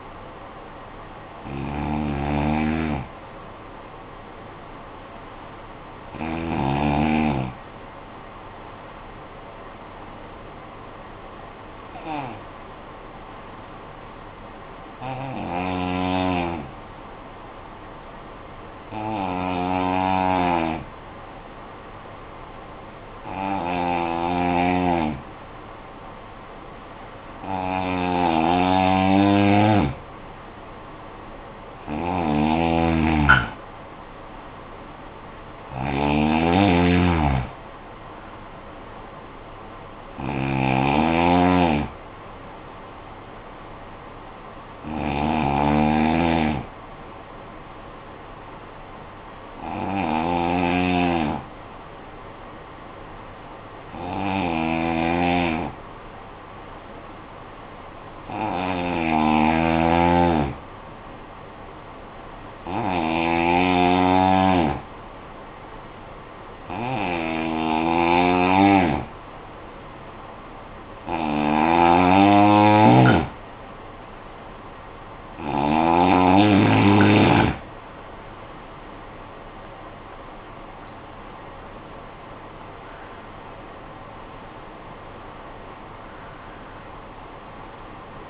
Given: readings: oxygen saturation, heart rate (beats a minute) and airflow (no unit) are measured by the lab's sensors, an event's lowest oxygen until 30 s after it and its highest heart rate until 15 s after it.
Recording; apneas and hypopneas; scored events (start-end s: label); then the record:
breathing in sleep by a voice recorder at the bedside; 2
10.00-29.50 s: hypopnea (N2, oxygen 96% highest, then 86% lowest, heart rate 52 at the start, 67 highest)
54.00-70.90 s: hypopnea (N2, oxygen 94% highest, then 89% lowest, heart rate 53 at the start, 80 highest)
78.00-88.30 s: new sleep stage, N1 (lightest sleep)
From the record:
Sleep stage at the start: N2 (light sleep); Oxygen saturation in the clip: 86 to 96%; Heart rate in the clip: 48 to 81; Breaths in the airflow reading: 20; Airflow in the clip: -12.0 to 13.4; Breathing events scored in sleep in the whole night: 445 in 7.6 hours asleep